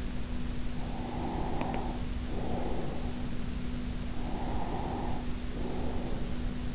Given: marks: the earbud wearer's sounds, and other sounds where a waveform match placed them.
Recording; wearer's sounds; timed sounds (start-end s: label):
sounds in sleep by an in-ear microphone; breath
0.70-6.75 s: breath